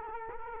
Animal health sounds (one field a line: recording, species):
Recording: mosquito wingbeat signal from an infrared sensor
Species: Culex quinquefasciatus